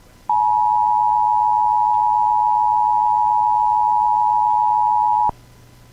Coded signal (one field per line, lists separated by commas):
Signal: Emergency Alert System (SAME) tones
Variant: 853 and 960 Hz attention tone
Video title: EAS 1243: Amber Alert TEST Cancellation Message